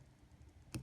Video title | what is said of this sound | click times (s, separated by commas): Lyman STS Super Targetspot Turret Disassembly | and then you can hear this click | 0.7 s